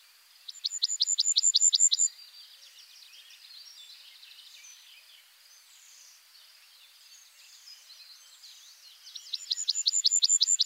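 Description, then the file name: Bunting song: a rapid burst of repeated high notes at the start and another at the end, with faint chirps between them. "bruant"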